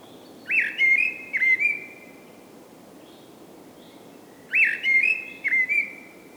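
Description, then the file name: Common blackbird singing two mellow whistled phrases a few seconds apart, each a warble mixed with squeaky high notes, with quiet steady background noise between. "Common Blackbird Turdus merula"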